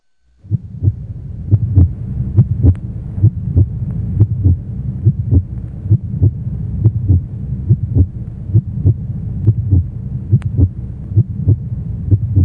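Heartbeat of an adult.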